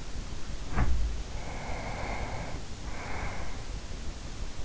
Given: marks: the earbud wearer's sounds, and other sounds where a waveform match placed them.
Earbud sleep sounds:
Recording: sounds in sleep by an in-ear microphone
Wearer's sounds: breath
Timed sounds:
0.38-3.90 s: sound from someone else or the room
1.18-3.90 s: breath

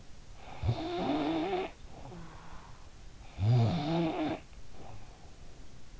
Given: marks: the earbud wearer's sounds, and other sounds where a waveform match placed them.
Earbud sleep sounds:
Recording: sounds in sleep by an in-ear microphone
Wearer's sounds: snoring breath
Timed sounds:
0.38-2.89 s: snoring breath
3.03-5.14 s: snoring breath

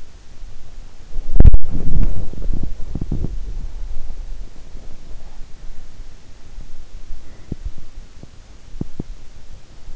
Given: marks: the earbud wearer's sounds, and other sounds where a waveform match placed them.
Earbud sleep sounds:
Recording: sounds in sleep by an in-ear microphone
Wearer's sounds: body movement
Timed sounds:
1.18-9.95 s: body movement

